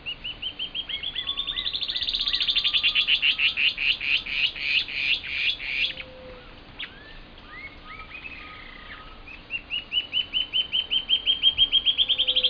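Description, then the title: Band-tailed antbird singing: an accelerating rising series of high notes turning into slower harsh notes, a pause with scattered calls, then a new rising series of repeated notes. "LuckyPassaro Completos2Sama. Band-tailed Antbird (Hypocnemoides maculicauda)"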